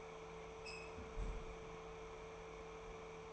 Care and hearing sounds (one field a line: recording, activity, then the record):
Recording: daily activity, microphone in the room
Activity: close fridge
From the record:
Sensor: 1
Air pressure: 1015.0 hPa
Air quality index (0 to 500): 192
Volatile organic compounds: 21 ppm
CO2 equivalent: 2721 ppm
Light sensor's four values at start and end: 11/26/10/12 and 10/25/10/11